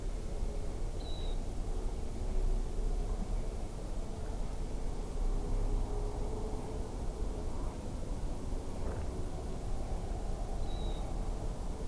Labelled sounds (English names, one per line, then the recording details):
Dunlin
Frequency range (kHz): Dunlin 2.9-4.4 kHz
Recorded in France